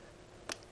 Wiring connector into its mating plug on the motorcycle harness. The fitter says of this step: there's the click and then push in the little gray retaining tab